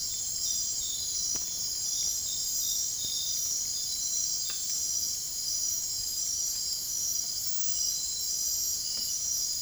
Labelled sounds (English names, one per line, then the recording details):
none
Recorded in dense forest near Puerto Asís, Putumayo, Colombia, on 23 June 2025 at 00:00
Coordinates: 0.503, -76.323
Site G059